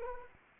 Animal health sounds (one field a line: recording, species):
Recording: mosquito wingbeat signal from an infrared sensor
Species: Anopheles arabiensis